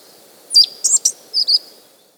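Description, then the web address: Pale-eyed thrush song: a short high phrase of sharp whistled notes and chips, delivered in a burst of about five notes within about one second. South America. "Natures Songs S America Pale-Eyed Thrush"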